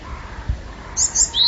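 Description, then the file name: Japanese tit calling: three very high, thin notes in quick succession near the end, over faint low background noise. "sijukara"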